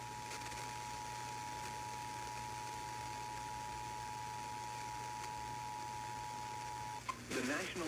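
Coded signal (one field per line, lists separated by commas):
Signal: Emergency Alert System (SAME) tones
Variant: 853 and 960 Hz attention tone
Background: speech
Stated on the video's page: EAS alerts and station IDs captured over several days; may contain valid EAS tones.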